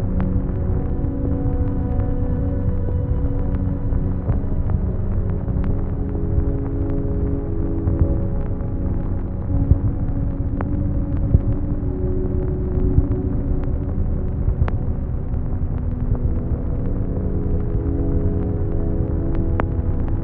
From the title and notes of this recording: Vinyl Static and Hum with Ambient Sleep Soundscape | Flickering Light. Vinyl static and hum noise along with a soundscape that goes from left to right. Sound: static, hum, white noise, background noise. Music: sleep music, soundscape, ambient.